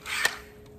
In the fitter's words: effort into it it locks into place and that way